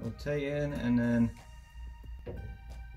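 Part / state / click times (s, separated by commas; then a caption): plastic harness strap coil collar into its printed cog bracket / not seated / none. A 3D-printed plastic harness strap coil collar is handled and rotated into position toward its printed cog bracket while someone talks over background music, with faint handling noises. The clip ends before the collar goes home, so nothing has seated or clicked yet.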